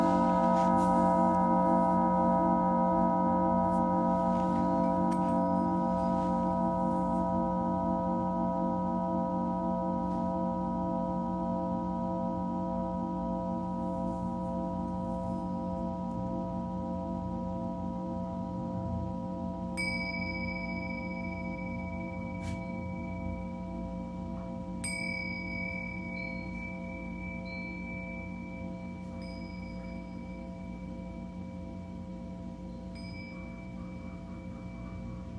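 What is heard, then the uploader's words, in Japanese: A singing bowl rings out in a long, steady drone of layered tones, with a shimmering pulse early on that gradually smooths as the sound slowly fades. Around 20 and 25 seconds, a brighter, higher ring briefly joins the hum before it settles again. メキシコから シンギングボウルのサウンドヒーリング ライブ。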